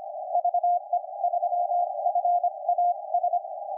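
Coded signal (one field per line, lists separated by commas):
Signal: Morse code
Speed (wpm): 29 wpm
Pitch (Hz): 700 Hz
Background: none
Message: VE3FAS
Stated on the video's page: 160-meter CW contest activity received on an SDRplay RSPdx with an MLA-30 loop antenna.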